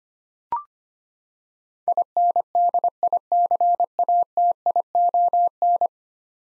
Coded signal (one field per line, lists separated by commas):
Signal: Morse code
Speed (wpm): 25 wpm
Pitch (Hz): 700 Hz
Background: none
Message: INDICATION